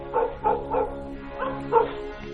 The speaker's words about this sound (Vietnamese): Ấy thế mà trên cây sung có cái tiếng xào xào như là gió đang thổi từng cơn từng cơn. Cứ mỗi một lần có cái tiếng xào xào như vậy là chó ở trong xóm á, nó lại tru lên nhiều hơn, nó cắn dữ dội hơn, từng chập một, nghe sốt cả ruột.